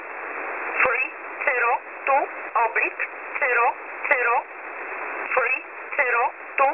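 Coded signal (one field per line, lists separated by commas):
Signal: numbers station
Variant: E11 Oblique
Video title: E11 Oblique 11/07/2023 1000 UTC 12153kHz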